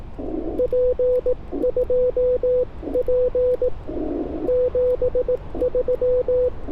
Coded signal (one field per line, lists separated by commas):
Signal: Morse code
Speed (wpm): 21 wpm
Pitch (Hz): 500 Hz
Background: radio noise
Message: P2P 73